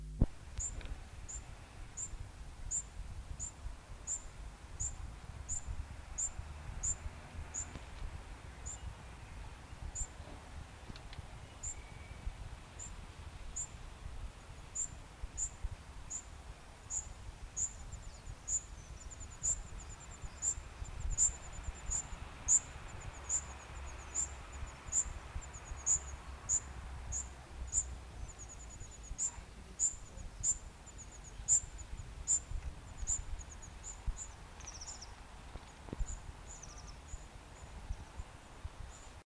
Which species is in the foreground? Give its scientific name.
Serinus serinus